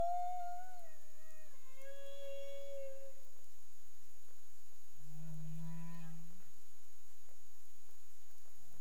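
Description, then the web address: Humpback whale calls: a long, falling, moaning tone rich in harmonics, then a short low groan. Caribbean, 30 April 2035 at 03:11 UTC, from CARIMAM data. "CARIMAM clean data humpback whale"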